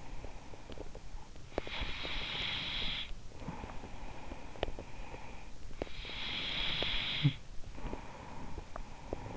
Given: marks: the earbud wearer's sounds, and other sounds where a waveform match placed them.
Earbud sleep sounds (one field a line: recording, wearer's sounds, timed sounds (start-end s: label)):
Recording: sounds in sleep by an in-ear microphone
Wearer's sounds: breath, snoring breath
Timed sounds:
0.00-5.77 s: breath
5.77-9.37 s: snoring breath